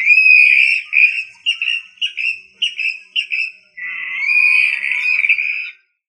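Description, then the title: Rail producing choppy short whistled notes, then one long, steady, slightly rising whistle before falling silent. "LuckyFamilia RallidaeFrangoSama"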